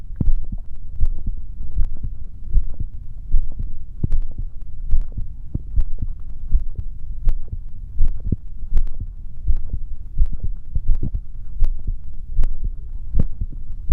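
Steady low thumping heartbeat at about 80 beats a minute, each beat a soft paired thud, with a constant low hum underneath. An ordinary regular heartbeat, recorded close up for relaxation listening.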